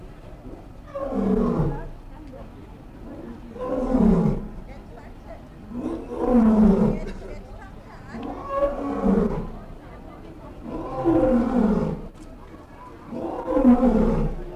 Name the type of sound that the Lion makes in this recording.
call